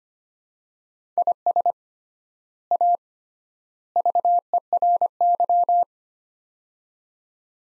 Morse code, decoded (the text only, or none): IS A VERY